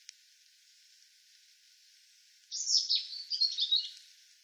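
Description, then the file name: European robin song: after quiet hiss, a single bright phrase of high thin whistles and rapid trilled notes lasting over a second. "Erithacus rubecula"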